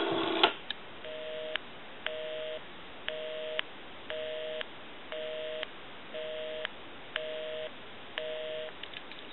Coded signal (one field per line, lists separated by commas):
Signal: telephone call progress tone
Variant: North America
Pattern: busy tone